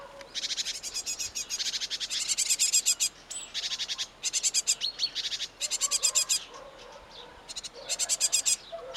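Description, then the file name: Great tit giving harsh, rapid chattering bursts, each a buzzy series of clipped notes lasting about a second, repeated with short pauses; faint other bird notes underneath. "Parus major"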